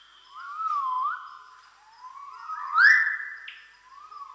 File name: magnificent riflebird